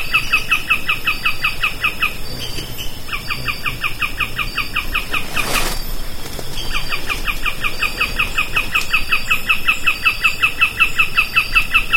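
Bird giving quick runs of sharp down-slurred notes, broken by brief pauses and a single loud click near the middle.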